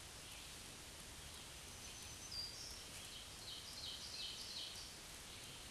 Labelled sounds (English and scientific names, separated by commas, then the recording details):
Black-throated Green Warbler (Setophaga virens) song
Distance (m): 50 m
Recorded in a Pennsylvania forest on 1 June 2023 at 07:01
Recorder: AudioMoth, point grid3_12_low
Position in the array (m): 220 m, 140 m